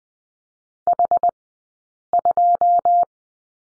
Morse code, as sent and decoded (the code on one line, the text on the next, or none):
.... ..---
H2